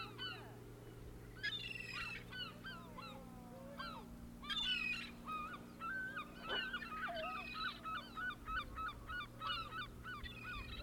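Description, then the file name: Gulls calling, many overlapping yelping cries nearly continuous throughout, over a low steady hum. "Seagulls"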